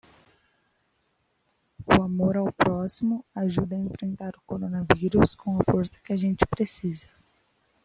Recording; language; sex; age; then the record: spoken sentence; Brazilian Portuguese; female; 20 to 29 years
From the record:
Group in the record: control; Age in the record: 20 years